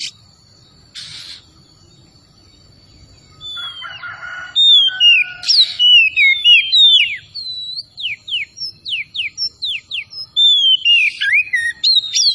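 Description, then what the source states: Oriental magpie-robin singing loud, varied whistled phrases, with sharp downslurred notes repeated quickly and rising sweeps, after a few seconds of brief scratchy sounds and a faint steady tone. Known as kacer tretes; singing vigorously (gacor).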